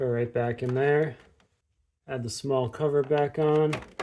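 A small plastic access cover for a Mr Cool mini-split indoor air handler is being put back on while someone talks, with a brief quiet pause in the middle. Nothing has seated or clicked yet.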